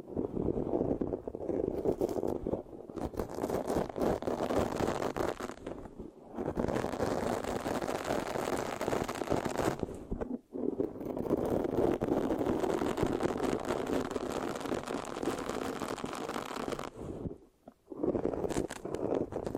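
Mic scratching fills most of the recording as dense, rough, crackly rubbing with a full low-middle body and sticky, clicky detail on top. It runs in long stretches broken by brief silences near 2.7, 6, 10.5 and 17.5 seconds.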